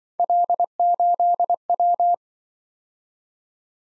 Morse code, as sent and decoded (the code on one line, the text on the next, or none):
.-.. ---.. .--
L8W